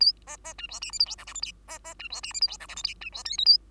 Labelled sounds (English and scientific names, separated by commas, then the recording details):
Bengalese Finch (Lonchura striata domestica) song
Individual Bird2